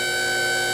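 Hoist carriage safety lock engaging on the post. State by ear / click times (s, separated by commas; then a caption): not seated / none. A vehicle is being raised on a two-post hoist toward the point where the hoist carriage's first mechanical safety lock engages on the post. A steady, loud tonal hum with stacked harmonics holds through the whole 0.8 seconds, with no sudden sounds. The safety lock has not clicked or engaged yet.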